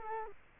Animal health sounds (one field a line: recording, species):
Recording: mosquito wingbeat signal from an infrared sensor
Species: Culex quinquefasciatus